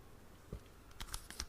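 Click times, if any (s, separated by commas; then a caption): none. A plastic guard comb is pushed onto the blade head of a Wahl Chromstyle cordless hair clipper, with a dull low bump near 0.5 s and then a handful of brief, bright plastic taps and scrapes between about 0.9 and 1.4 s as it slides on. The guard gives no click and does not catch, so nothing has seated or clicked; it is held on purely by friction.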